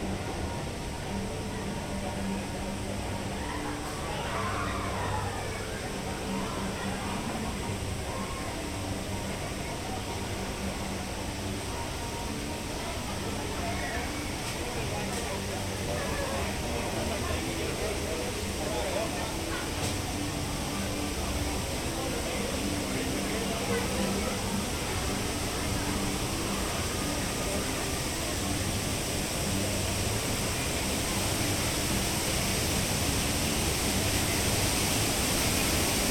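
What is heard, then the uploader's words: A walk through the Grizzly Peak and Redwood Creek Challenge Trail area, with a steady, dense hiss like rushing water filling the whole clip. Scattered voices murmur underneath, with a brief higher call near five seconds and faint clatters later. Grizzly Peak and Redwood Creek Challenge Trail (Disney's California Adventure) Binaural Walk Through. In this episode we take a peaceful walk through around the most tranquil place in all of Disney's California Adventure, Grizzly Peak.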